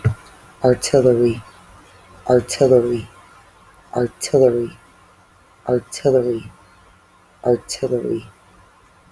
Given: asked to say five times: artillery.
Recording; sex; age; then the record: repeated word; female; 30 to 39 years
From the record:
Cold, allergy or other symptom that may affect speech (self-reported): no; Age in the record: 37 years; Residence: Indiana, United States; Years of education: 12